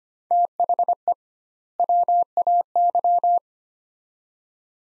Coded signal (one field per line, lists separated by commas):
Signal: Morse code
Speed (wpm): 25 wpm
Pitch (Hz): 700 Hz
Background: none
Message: THE WAY